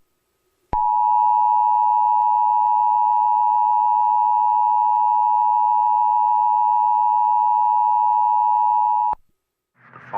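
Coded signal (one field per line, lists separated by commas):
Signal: Emergency Alert System (SAME) tones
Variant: 853 and 960 Hz attention tone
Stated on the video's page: Monthly test of a fictional or private alert system, the first of four that day.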